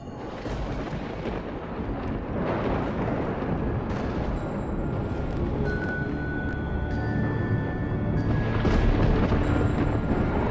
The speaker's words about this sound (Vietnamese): Cho đến khi đám thanh niên cũng cắm những cây kiếm được thấm đẫm máu chó mực vòng quanh pháp trận, lập tức từ trên bầu trời, một tia sét đánh xuống, giáng thẳng vào cây đa.